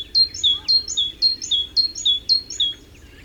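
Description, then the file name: Great tit repeating a clear, ringing high-low two-note phrase several times in quick rhythm before stopping, over a quiet background. "Parus major"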